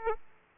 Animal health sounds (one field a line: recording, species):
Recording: mosquito wingbeat signal from an infrared sensor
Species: Aedes aegypti